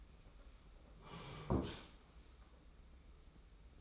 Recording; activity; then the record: daily activity, microphone in the room; sit down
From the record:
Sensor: 1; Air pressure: 991.7 hPa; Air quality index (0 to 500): 154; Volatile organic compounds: 1000 ppm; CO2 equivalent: 5696 ppm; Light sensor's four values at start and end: 30/99/39/39 and 30/102/39/40